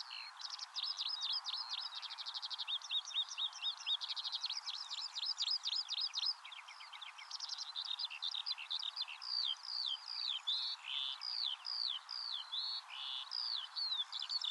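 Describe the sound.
Eurasian skylark delivering a rambling song of rapid chirps, buzzy trills and sharp whistles.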